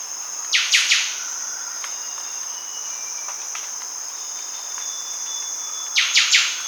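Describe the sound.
Sooty thicket fantail giving harsh, rasping bursts of a few quick notes at the start and again near the end, over a constant high insect drone.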